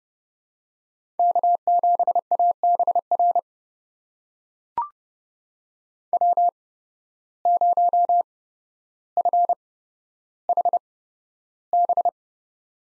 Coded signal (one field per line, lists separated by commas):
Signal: Morse code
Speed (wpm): 30 wpm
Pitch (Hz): 700 Hz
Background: none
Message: K7ABR W0FHB